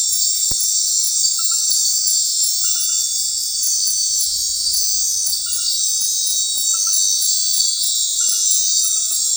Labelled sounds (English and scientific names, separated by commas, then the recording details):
none
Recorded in secondary vegetation near Puerto Asís, Putumayo, Colombia, on 19 March 2025 at 21:00
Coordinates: 0.499, -76.323
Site G094